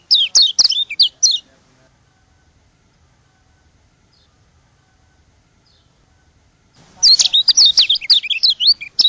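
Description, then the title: White-eye song: a quick burst of high twittering notes, a pause of about five seconds, then a second, longer run of rapid chirps. From Lombok. "Plecir3un. Suara burung pleci lombok"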